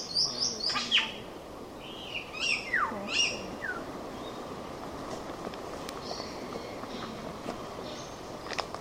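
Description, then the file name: Tooth-billed bowerbird singing a jumble of chattering notes and swooping whistles, including a sharp downslurred whistle, then fainter scattered calls over a hissing background. "Scenopoeetes Dentirostris"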